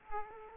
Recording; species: mosquito wingbeat signal from an infrared sensor; Culex quinquefasciatus